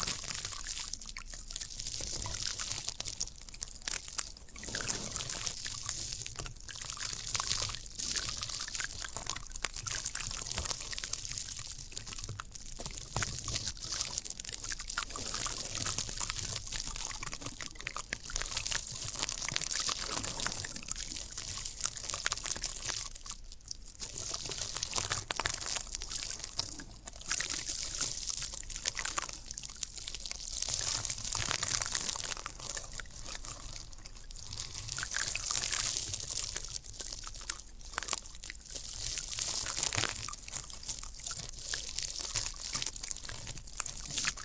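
Floral foam being crushed and crumbled, a dense, bright crackling that runs steadily for the whole length. Louder crunching bursts swell every few seconds, with brief sharp snaps scattered between them, and a faint low rumble sits underneath.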